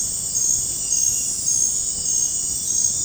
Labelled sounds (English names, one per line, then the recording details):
none
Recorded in dense forest near Puerto Asís, Putumayo, Colombia, on 26 December 2024 at 23:00
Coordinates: 0.481, -76.323
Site G100